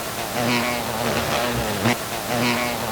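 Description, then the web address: Water insect buzzing: a low hum with faint tonal bands that come and go, over dense background noise. "E-MU Producer Series Vol 3 – Hollywood Sound Effects Water Insects 2 ONE BUG"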